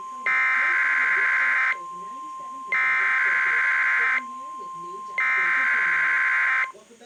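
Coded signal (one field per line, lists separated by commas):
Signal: Emergency Alert System (SAME) tones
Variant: header bursts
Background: speech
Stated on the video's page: NOAA Weather Radio weekly test received clearly on an EASy decoder via an amplified television antenna through a splitter, relayed into a Sage monitor.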